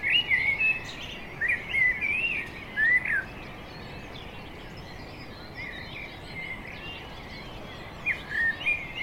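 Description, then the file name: Common blackbird sounds: warbled, slurred phrases in short bursts separated by quiet gaps, one of them long, over constant background hiss. "Turdus merula"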